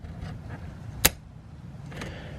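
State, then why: Seated. A removable Sto N Go front license plate bracket on a Jeep Trackhawk/SRT is pushed home onto its bumper-mounted receiver after its spring pin is pulled and released. A sharp, bright click at 1.1 s marks the pin locking in, followed by softer handling noises around 1.9–2.0 s. The spring has pushed in and the bracket is locked in place.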